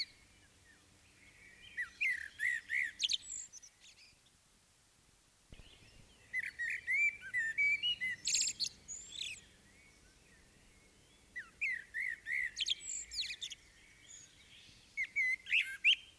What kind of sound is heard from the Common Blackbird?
song